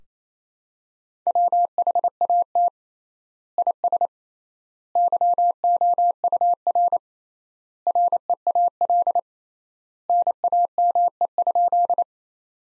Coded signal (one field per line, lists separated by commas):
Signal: Morse code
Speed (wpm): 28 wpm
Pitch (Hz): 700 Hz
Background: none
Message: WHAT IS YOUR REAL NAME?